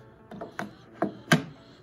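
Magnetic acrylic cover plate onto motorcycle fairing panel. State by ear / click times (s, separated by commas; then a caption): seated / 1.3 s. An acrylic cover plate with magnets on its back is set onto a 2018 Harley Heritage motorcycle fairing panel. Several short taps and clacks are heard as it is positioned, and it snaps into place at 1.3 s with the loudest, sharpest click.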